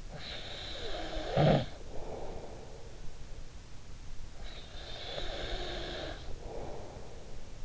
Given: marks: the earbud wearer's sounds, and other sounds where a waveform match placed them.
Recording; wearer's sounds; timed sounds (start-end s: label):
sounds in sleep by an in-ear microphone; snoring breath, breath
0.08-2.98 s: snoring breath
4.28-7.65 s: breath